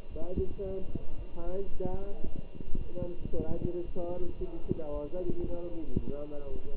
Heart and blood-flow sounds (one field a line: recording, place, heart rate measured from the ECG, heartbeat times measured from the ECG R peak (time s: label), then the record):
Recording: heart sounds by stethoscope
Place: between the tricuspid and mitral areas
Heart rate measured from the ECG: 113 bpm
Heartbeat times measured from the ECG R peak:
0.09 s: heartbeat
0.62 s: heartbeat
1.16 s: heartbeat
1.70 s: heartbeat
2.24 s: heartbeat
2.77 s: heartbeat
3.31 s: heartbeat
3.85 s: heartbeat
4.38 s: heartbeat
4.91 s: heartbeat
5.44 s: heartbeat
5.96 s: heartbeat
6.49 s: heartbeat
From the record:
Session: Bruce protocol treadmill stress test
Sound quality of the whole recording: good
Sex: male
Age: 23 years